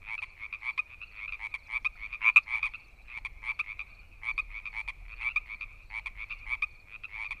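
Frog croaking in fast, rattling pulses, short trilled notes repeated steadily in clusters, with a low hum underneath.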